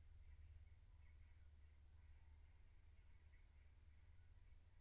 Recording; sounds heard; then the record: poultry house recording; no chicken sound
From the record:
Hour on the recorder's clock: 16